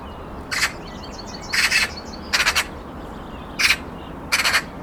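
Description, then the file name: Eurasian magpie uttering short, noisy rattling calls, several bursts of rapid grating pulses. "Pica pica"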